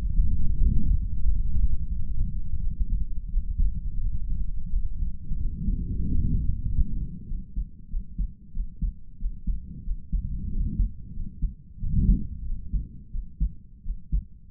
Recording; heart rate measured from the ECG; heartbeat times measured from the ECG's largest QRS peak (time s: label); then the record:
heart sounds by stethoscope; 91 bpm
0.56 s: heartbeat
1.22 s: heartbeat
1.89 s: heartbeat
2.58 s: heartbeat
3.29 s: heartbeat
3.99 s: heartbeat
4.68 s: heartbeat
5.36 s: heartbeat
6.03 s: heartbeat
6.64 s: heartbeat
7.26 s: heartbeat
7.88 s: heartbeat
8.51 s: heartbeat
9.17 s: heartbeat
9.82 s: heartbeat
10.48 s: heartbeat
11.11 s: heartbeat
11.77 s: heartbeat
12.42 s: heartbeat
13.09 s: heartbeat
13.81 s: heartbeat
From the record:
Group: healthy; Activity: rest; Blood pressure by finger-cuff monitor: 89/63 mmHg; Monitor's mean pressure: 69 mmHg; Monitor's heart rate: 91 bpm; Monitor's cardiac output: 5.8 L/min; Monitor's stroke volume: 63 mL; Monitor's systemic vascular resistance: 870 dyn s/cm5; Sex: male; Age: 22 years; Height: 181 cm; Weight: 60 kg